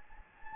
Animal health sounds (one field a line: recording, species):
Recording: mosquito wingbeat signal from an infrared sensor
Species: Anopheles gambiae